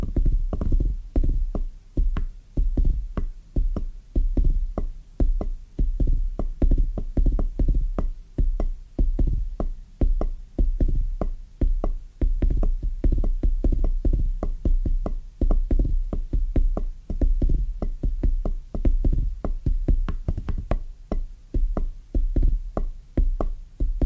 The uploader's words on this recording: ASMR Rhythmic Tapping Bassy & Soft No Talking.